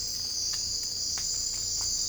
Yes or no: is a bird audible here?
no